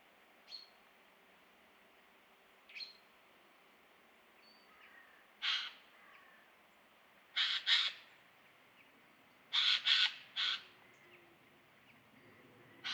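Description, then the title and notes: Eurasian jay calls: faint short notes early, then a series of loud, rasping screeches, some doubled, coming irregularly from about five seconds on. Eurasian jays in October 2019, part of a large influx from northern Europe across France after poor oak fruiting in Scandinavia and likely strong breeding; varied calls in numbers. "sonothèque Fernand DEROUSSEN. Geai des chênes (Garrulus glandarius)"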